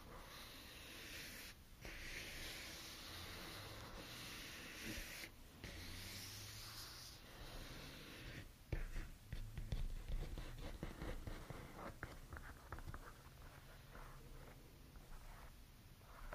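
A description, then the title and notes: Hair is brushed and pinned up, with soft swishing strokes over a steady hiss, a few stronger sweeps near the start. After about nine seconds the sounds turn busier: quick small clicks and taps as pins and accessories go in. Sounds and visuals of silky hair being brushed and pinned up with beautiful hair accessories.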